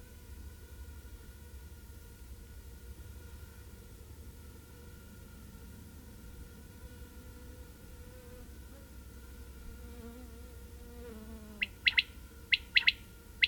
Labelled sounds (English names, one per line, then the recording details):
Common Quail call
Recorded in the wild
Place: Zicker, Insel Rügen, Mecklenburg-Vorpommern, DE
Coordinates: 54.296, 13.683
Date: 1971-07-22 21:00
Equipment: Nagra III BH, Sennheiser MD 21, parabola
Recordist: Schubert, Michael
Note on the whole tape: Rufe Wachtel, mit 2. Expl. im Wechsel